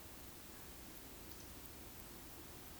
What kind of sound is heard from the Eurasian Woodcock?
whistle